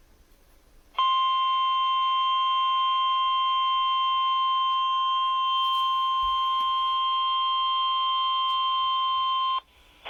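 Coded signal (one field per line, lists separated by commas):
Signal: Emergency Alert System (SAME) tones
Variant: 1050 Hz attention tone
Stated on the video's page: Particularly dangerous situation tornado warning, heard on an FM radio station.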